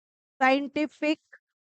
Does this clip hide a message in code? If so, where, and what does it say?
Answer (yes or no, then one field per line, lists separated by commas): no